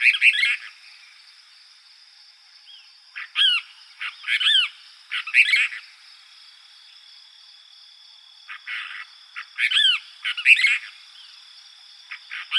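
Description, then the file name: Cassin's kingbird calling, loud scratchy chevron-shaped notes in short bunches separated by quiet gaps, with a constant faint electronic tone underneath. Arizona, 13 July 2006. "deviche"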